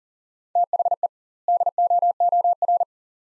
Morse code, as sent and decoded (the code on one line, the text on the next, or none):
- .... . / -.. --- --- .-.
THE DOOR